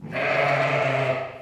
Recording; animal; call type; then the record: contact call of a hoofed animal; sheep; low-frequency (closed-mouth) or high-frequency (open-mouth) call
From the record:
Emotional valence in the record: negative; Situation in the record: short social isolation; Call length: 1.42 s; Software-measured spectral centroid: 1760 Hz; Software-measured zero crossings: 2180 a second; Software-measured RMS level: -24 dBFS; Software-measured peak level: -9 dBFS